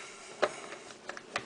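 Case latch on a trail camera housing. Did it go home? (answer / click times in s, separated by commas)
released / 0.4 s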